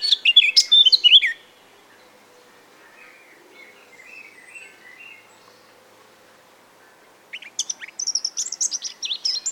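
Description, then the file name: Eurasian blackcap: brief loud burst of warbling at the start, faint soft twitters in the middle, then a high, thin run of chirping notes at the end. "Sylvia atricapilla"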